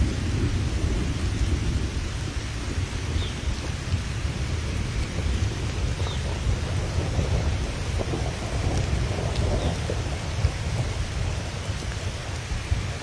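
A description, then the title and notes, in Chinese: Light rain falls on leaves in the wild, with a gentle stream flowing underneath. The sound is a steady, dense hiss with a strong low rumble throughout, unchanging across the clip, with a few faint brighter ticks of drops scattered here and there. 野外细雨。这段音频捕捉到了细雨洒在树叶间、小溪声轻轻流淌的和谐画面。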